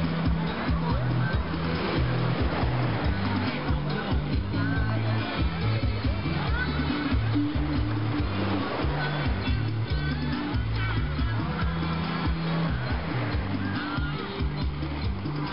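Music plays in a seaside bar, a male voice singing over a bass line that steps steadily through low notes for the whole clip. A dense, constant wash of ocean surf runs underneath at an even level. The sound is dull, with no bright top.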